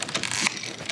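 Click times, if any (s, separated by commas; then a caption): 0.5 s. A rubber suspension bushing is pressed out of a metal control arm eye with a screw-type press tool. Creaking and short cracks come from the bushing as it slides. A sharp pop at 0.5 s marks the bushing breaking free of the control arm.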